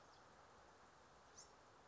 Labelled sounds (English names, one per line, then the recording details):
Bewick's Wren
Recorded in Sonoma County, California